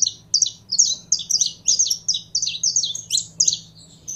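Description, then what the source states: Canary song, a fast run of high chirping and trilled phrases with short notes swooping down, delivered in quick bursts with a faint low hum beneath. Song of a purebred Belgian canary.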